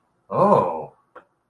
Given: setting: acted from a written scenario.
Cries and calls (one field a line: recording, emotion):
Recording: vocal sound without words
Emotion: romantic love